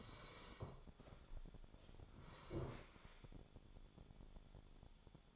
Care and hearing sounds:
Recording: daily activity, microphone in the room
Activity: sit down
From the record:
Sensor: 5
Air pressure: 1015.4 hPa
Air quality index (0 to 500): 183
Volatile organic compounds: 7 ppm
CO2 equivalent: 1992 ppm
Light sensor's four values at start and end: 36/81/33/31 and 36/81/33/31

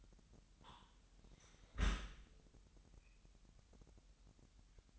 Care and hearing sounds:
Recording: daily activity, microphone in the room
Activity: close dishwasher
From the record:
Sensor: 3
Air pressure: 998.2 hPa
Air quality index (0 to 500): 150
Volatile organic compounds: 5 ppm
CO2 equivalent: 1801 ppm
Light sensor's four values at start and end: 13/39/15/14 and 13/39/15/14

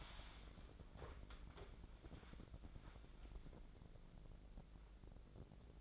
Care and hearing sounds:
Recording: daily activity, microphone in the room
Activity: wipe stove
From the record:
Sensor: 5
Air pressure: 1012.4 hPa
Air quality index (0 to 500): 154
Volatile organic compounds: 2 ppm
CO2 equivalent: 1056 ppm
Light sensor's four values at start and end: 169/402/172/199 and 166/398/170/196

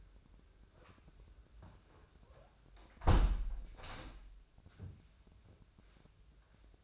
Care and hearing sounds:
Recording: daily activity, microphone in the room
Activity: close window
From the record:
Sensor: 2

